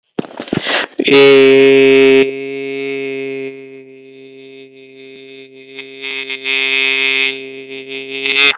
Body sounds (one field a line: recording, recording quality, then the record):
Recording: sustained vowel as in made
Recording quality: excellent, no background noise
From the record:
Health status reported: healthy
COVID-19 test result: negative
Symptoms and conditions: none ticked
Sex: male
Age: 18 years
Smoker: not ticked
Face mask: worn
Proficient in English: yes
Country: India